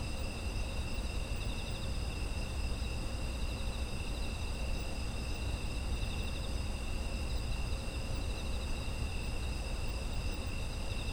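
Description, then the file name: Autumn insects chirring continuously as several high steady tones, some bands gently pulsing, with low rumbling noise throughout. Autumn insect ambience. "秋の虫の環境音"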